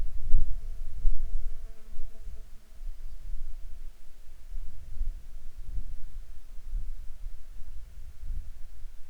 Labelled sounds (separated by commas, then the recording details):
wind, insects
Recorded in Ivvavik National Park, Yukon, on 8 July 2019 at 11:49
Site SINP10